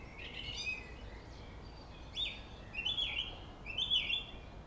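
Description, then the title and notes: Song thrush song: a series of short whistled and slurred phrases, some repeated, over steady low traffic rumble. Singing at Friedhof Columbiadamm (Neuer Garnisonsfriedhof), a cemetery in Berlin, Germany, with distant city traffic noise; recorded on a Sony PCM D50. "Friedhof Columbiadamm, Berlin - Song thrush. Friedhof Columbiadamm (Neuer Garnisonsfriedhof), Song thrush (Singdrossel) singing, distant city. traffic noise"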